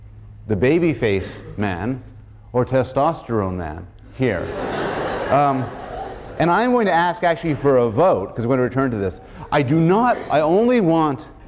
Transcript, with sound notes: the baby faced man or Testosterone Man?” here [laughter] And I am going to ask actually for a vote because going to return to this. I do not — I only want